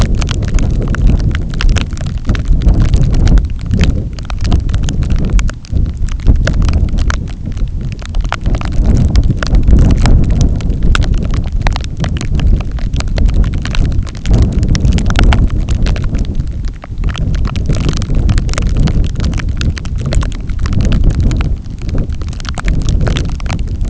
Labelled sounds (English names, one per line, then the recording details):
none
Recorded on Arctic tundra, site NAIT-1, on 27 June 2019
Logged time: 00:00